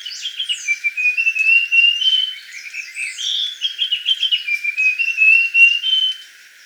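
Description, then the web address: Russet-crowned warbler song: a run of sweet notes rising step by step in pitch, repeated twice, with sharper overlapping chips and warbles. Recorded in Ecuador. "Natures Songs S America Birds of Ecuador. Russet-Crowned Warbler"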